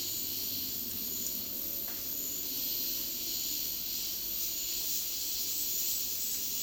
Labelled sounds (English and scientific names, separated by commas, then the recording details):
none
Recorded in dense forest near Puerto Asís, Putumayo, Colombia, on 19 February 2024 at 10:30
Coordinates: 0.502, -76.326
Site G6460